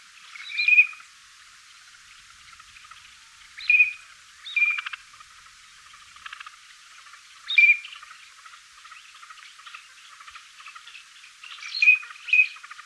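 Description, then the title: Yellow-billed teal whistles: short sharp notes, single or paired, repeated irregularly every few seconds over a buzzy, rattling chatter. Recorded in Chile; Spanish name jergón chico. "Jergon Chico Anas Flavirostris Peter Boesman. Yellow-billed Teal (Anas flavirostris)"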